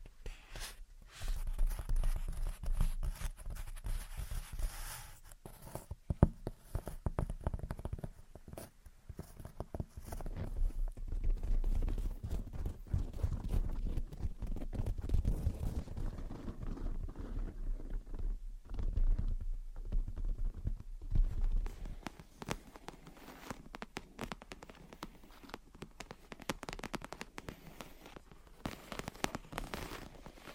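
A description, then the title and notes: Gentle tapping and scratching runs steadily through the whole half minute, a dense stream of soft, quick taps with scratchy, rustling texture between them. A low rumble sits underneath for most of the clip, thinning out after about 22 seconds, where the taps turn lighter and sparser. Gentle Tapping and Scratching. (No Talking).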